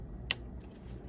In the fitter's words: there it just snapped in place so so you make sure that everything's